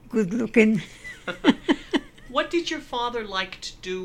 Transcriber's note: laughs